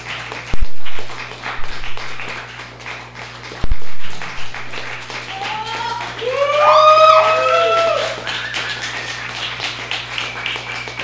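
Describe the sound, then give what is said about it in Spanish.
An audience at a free-media forum held in memory of Salvador Olmos, known as Chava, gives a minute of applause for him, clapping steadily in a dense, continuous patter of many hands. A couple of sharp thumps land early on, and loud shouts of "Chava vive!" rise over the applause midway. “Y bueno, pues gracias compañeros, vamos a darle un minuto de aplausos a Chava y con eso vamos a terminar esta actividad.”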